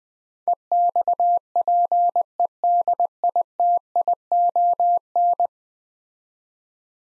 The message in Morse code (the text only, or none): EXPEDITION